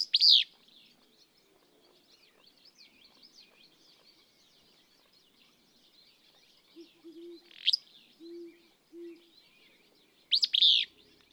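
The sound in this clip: Willow flycatcher repeats its buzzy, explosive song phrase at the start and end, with a sharp call note between, over steady faint bird chatter and soft low notes.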